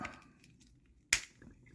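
A plastic torso panel of a Plarail Shinkansen Transforming Robot Shinkalion Z N700S Hida train robot toy is folded back into position on the toy robot body during transformation. After quieter handling sounds, a sharp, loud plastic click comes at 1.1 s, followed by faint rustling and a smaller tap near the end. The torso section clicks into place and is confirmed seated.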